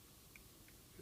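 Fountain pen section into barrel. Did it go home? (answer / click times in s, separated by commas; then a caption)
no / none. The section of a Sheaffer Imperial Touchdown fountain pen, its threads dabbed with thread sealant, is screwed back into the barrel by hand. A quiet handling hiss is heard with a brief faint tick at about 0.4 s. Nothing has seated or clicked yet.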